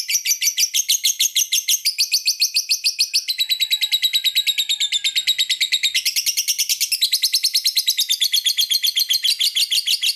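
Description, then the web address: Lovebird chattering call: a long, fast stream of shrill, buzzy chirps, shifting pitch in several sections with no pause. "love-bird suara-lovebird-kusumo"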